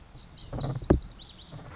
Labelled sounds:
Lazuli Bunting (Passerina amoena)
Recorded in Sonoma County, California

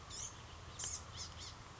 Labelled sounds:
Blue-gray Gnatcatcher (Polioptila caerulea)
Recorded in Sonoma County, California

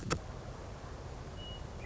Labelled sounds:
Western Meadowlark (Sturnella neglecta)
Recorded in Sonoma County, California

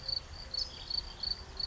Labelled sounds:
California Towhee (Melozone crissalis)
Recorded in Sonoma County, California

